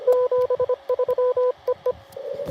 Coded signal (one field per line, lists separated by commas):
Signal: Morse code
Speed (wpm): 25 wpm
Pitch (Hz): 1000 Hz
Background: radio noise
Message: 73 EE